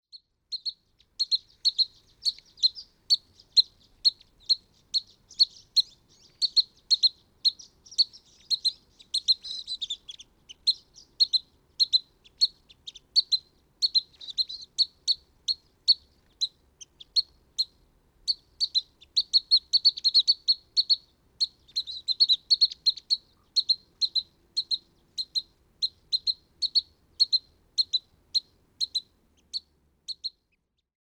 Pygmy Nuthatch call recorded in Upper Beaver Meadows in Rocky Mountain National Park.